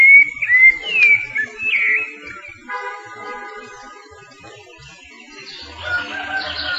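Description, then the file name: Rufous-bellied thrush giving a few clear, slurred whistled notes at the start, then a steady harmonic tone and faint twittering from another bird. "Turdus rufiventris"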